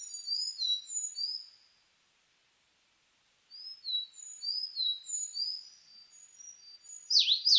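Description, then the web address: Sakhalin leaf warbler song: two phrases of thin, high drawn-out whistles separated by two seconds of quiet, ending with loud sharp swooping notes. Recorded 29 May 2004. "2004 040529 ezomusikui"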